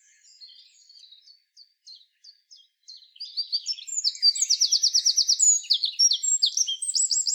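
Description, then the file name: Eurasian wren song: a few spaced ticking notes lead into a loud, tumbling sequence of high, rapid trills and piercing notes. "Troglodytes troglodytes"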